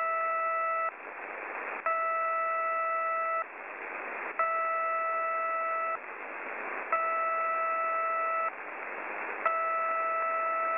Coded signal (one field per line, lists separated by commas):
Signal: channel marker